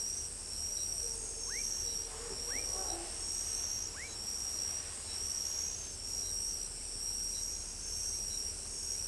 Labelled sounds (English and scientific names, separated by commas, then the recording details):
none
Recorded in pastures near Pivijay, Magdalena, Colombia, on 1 June 2023 at 00:30
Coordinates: 10.456, -74.369
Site P6-G026